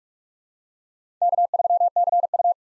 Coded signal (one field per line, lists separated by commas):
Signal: Morse code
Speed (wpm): 46 wpm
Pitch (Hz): 700 Hz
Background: none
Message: K3CU